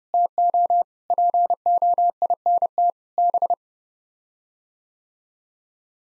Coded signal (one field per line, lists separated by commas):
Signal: Morse code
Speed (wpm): 30 wpm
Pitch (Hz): 700 Hz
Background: none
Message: TO POINT B